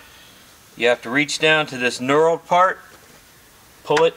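A person reaches for the knurled part of the ejection seat safety lever in a jet cockpit, but the lever is not pulled yet. Someone talks throughout the clip, and no click is heard. Nothing has seated or clicked yet.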